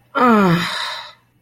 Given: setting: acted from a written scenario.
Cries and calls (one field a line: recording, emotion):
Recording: vocal sound without words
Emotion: disappointment